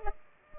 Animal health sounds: mosquito wingbeat signal from an infrared sensor; Culex pipiens

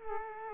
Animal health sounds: mosquito wingbeat signal from an infrared sensor; Culex quinquefasciatus

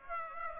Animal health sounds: mosquito wingbeat signal from an infrared sensor; Aedes aegypti

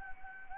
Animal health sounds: mosquito wingbeat signal from an infrared sensor; Anopheles gambiae

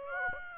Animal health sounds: mosquito wingbeat signal from an infrared sensor; Aedes aegypti

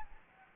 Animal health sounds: mosquito wingbeat signal from an infrared sensor; Anopheles gambiae

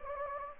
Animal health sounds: mosquito wingbeat signal from an infrared sensor; Anopheles gambiae

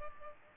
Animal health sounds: mosquito wingbeat signal from an infrared sensor; Culex pipiens

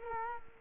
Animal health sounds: mosquito wingbeat signal from an infrared sensor; Culex quinquefasciatus

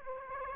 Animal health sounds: mosquito wingbeat signal from an infrared sensor; Aedes aegypti

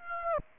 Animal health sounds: mosquito wingbeat signal from an infrared sensor; Aedes aegypti

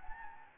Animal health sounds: mosquito wingbeat signal from an infrared sensor; Anopheles gambiae

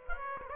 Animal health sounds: mosquito wingbeat signal from an infrared sensor; Aedes aegypti

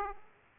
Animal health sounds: mosquito wingbeat signal from an infrared sensor; Aedes aegypti

